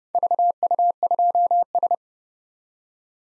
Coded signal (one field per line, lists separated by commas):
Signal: Morse code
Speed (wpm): 31 wpm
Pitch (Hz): 700 Hz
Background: none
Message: VU2S